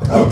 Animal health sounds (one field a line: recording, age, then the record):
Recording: pig call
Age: growing-finishing pig (85 days or more)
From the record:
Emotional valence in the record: positive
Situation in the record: run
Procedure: transit